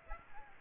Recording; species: mosquito wingbeat signal from an infrared sensor; Aedes aegypti